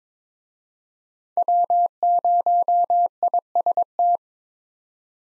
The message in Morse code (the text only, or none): W0IST